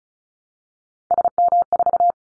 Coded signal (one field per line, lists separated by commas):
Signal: Morse code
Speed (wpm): 34 wpm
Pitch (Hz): 700 Hz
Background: none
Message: SM4